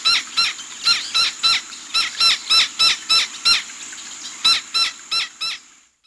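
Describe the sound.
Gila woodpecker giving a rapid series of sharp, squeaky notes, roughly three per second, briefly pausing midway, over a steady high background hiss.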